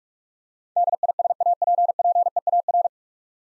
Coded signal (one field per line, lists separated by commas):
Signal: Morse code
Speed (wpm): 46 wpm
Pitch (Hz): 700 Hz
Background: none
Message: DISAPPEAR